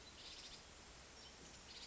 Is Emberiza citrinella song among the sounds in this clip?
no